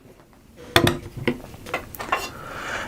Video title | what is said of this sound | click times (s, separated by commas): Norinco Type 81 Disassembly and Reassembly | and it locks in place on the back here you might need to like kind of angle a little bit until it's in there | 0.8 s